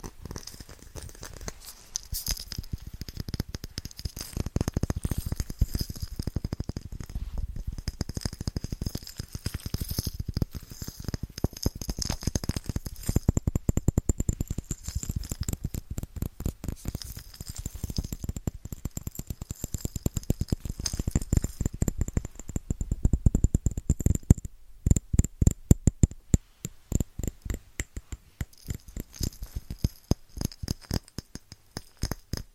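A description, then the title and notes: Fast, rhythmic tapping on wrapped Christmas presents, a dense run of crisp taps with a papery, bright edge, continuing steadily through most of the clip. Around the 25-second mark the tapping thins into sparser, more separated hits before picking up again. ASMR Fast & Rhythmic Tapping with Christmas Presents （No Talking）.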